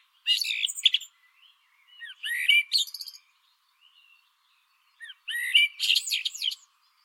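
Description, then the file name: Eurasian blackbird singing: three phrases, each a mellow fluted warble running into a high, scratchy twittering flourish, separated by short pauses. "Turdus merula"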